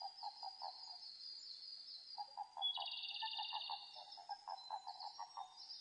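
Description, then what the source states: Japanese common toad calls: short pulsed notes in quick runs, repeated throughout, under a steady high insect-like whine and a brief chirping burst. Eastern Japanese common toad (azumahikigaeru), recorded 5 June 2005.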